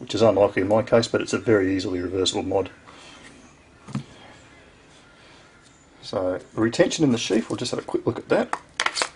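Someone talks while handling a KA-BAR Becker BK2 Campanion fixed-blade knife and its sheath, which has friction retention and a strap. There are quiet handling noises, with a brief sharp tap near 4.0 s and another near 8.9 s. The knife has not snapped into the sheath's retention yet, and nothing has seated.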